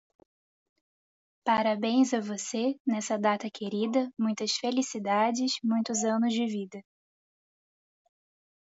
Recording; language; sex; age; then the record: short text; Brazilian Portuguese; female; 20 to 29 years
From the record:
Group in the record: control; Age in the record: 26 years